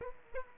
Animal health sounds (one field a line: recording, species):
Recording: mosquito wingbeat signal from an infrared sensor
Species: Aedes aegypti